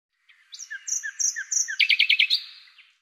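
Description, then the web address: Bird song of slurred high whistles repeated several times, then a fast bright trill before fading away. "Deverinetal 2025"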